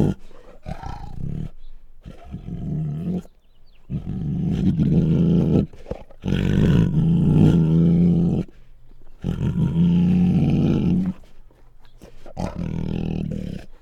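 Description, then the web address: Bengal tiger snarling growls, low rumbling bursts of one to three seconds separated by short pauses, harsh and throaty throughout. Female Bengal tiger, snarling and growling. "Sound Ideas Tigers Sound Effects"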